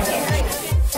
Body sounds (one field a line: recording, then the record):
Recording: background sound without coughing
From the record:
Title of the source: Nightlife Party Simulating Party Club Noise 1 Hour